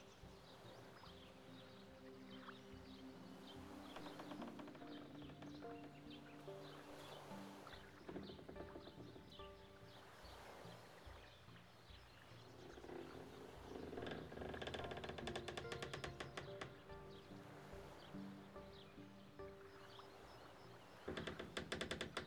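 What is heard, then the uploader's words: An outdoor scene beside a lake, with a steady low hum, perhaps a boat motor, running throughout. Scattered bird calls and chirps sit above it, and a burst of rapid clicking or rattling comes around fifteen seconds and again near the end. Beside a canadian lake.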